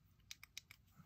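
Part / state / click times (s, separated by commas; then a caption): LED light inner module into its plastic housing / seated / 0.3 s, 0.6 s. The inner assembly of a Lume Cube LED video light, its board and new battery, is pushed into its plastic housing past the button switches until the small plastic clips snap home. Four short, sharp clicks sound in quick succession against a low background hum, with the firm snaps at 0.3 s and 0.6 s marking the clips seating. The module ends up fully seated in the housing.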